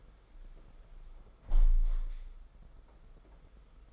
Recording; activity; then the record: daily activity, microphone in the room; close window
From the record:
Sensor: 5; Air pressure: 991.4 hPa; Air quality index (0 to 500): 108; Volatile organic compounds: 25 ppm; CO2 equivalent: 2829 ppm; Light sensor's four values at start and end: 39/126/48/51 and 39/126/47/51